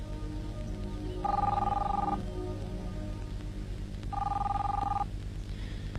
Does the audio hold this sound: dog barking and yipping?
no